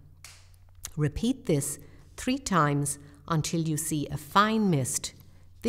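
The transparent plastic cap of a 15 g Respimat soft-mist inhaler for respiratory illness is snapped closed over the mouthpiece, giving a sharp click at 0.3 s. Someone then talks over a low, steady hum. The cap is seated shut.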